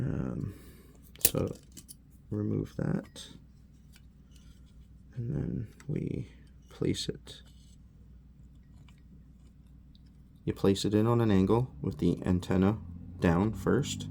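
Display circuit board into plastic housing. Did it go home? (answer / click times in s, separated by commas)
no / none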